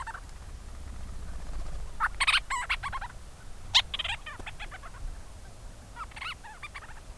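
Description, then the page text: Forster's Tern calls: loud, harsh, rasping notes in quick groups, followed by softer repeated calls, with background hiss. In South Bay San Francisco, California, a bird flies overhead calling to its colony on the island below; the advertisement call is almost its way of saying hello to the colony. "In South Bay San Francisco, California, a Forster’s Tern (Sterna forsteri) flies overhead and lets out a call to its colony below. This “advertisement call” is almost the bird’s way of saying “hello” to the colony on the island."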